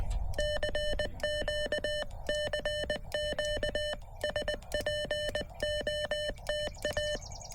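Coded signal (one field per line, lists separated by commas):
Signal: Morse code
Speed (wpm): 20 wpm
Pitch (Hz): 600 Hz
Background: music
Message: CQ CQ SPOTA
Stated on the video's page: Morse heard during a combined park and summit activation on foot; very weak signals masked by noise from nearby brush-clearing machinery.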